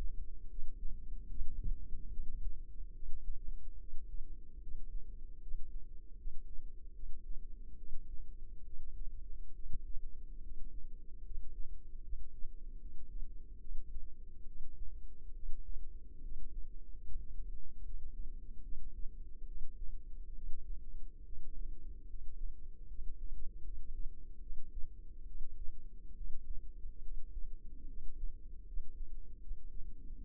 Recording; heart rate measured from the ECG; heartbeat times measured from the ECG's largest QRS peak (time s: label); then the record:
heart sounds by microphone in the left ear; 73 bpm
0.49 s: heartbeat
1.29 s: heartbeat
2.11 s: heartbeat
2.94 s: heartbeat
3.79 s: heartbeat
4.62 s: heartbeat
5.41 s: heartbeat
6.18 s: heartbeat
6.94 s: heartbeat
7.77 s: heartbeat
8.65 s: heartbeat
9.54 s: heartbeat
10.42 s: heartbeat
11.25 s: heartbeat
12.03 s: heartbeat
12.80 s: heartbeat
13.60 s: heartbeat
14.46 s: heartbeat
15.34 s: heartbeat
16.23 s: heartbeat
17.05 s: heartbeat
17.84 s: heartbeat
18.63 s: heartbeat
19.46 s: heartbeat
20.34 s: heartbeat
21.23 s: heartbeat
22.08 s: heartbeat
22.89 s: heartbeat
23.64 s: heartbeat
24.41 s: heartbeat
25.26 s: heartbeat
26.15 s: heartbeat
27.02 s: heartbeat
27.88 s: heartbeat
28.67 s: heartbeat
29.41 s: heartbeat
30.16 s: heartbeat
From the record:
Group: healthy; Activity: rest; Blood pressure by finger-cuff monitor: 133/52 mmHg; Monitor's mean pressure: 77 mmHg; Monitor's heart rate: 72 bpm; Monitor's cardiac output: 9.4 L/min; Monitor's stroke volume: 131 mL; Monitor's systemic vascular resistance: 590 dyn s/cm5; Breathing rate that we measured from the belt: 10 breaths a minute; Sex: female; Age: 32 years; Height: 168 cm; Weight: 61.9 kg